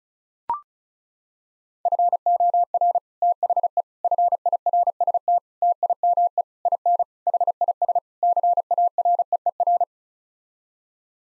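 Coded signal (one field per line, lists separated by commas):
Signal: Morse code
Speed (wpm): 36 wpm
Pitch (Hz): 700 Hz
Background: none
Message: FOR THE FIRST TIME IN HIS CAREER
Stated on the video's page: Morse head-copy practice of seven-word sets at 35 wpm, sent, spoken, then sent again.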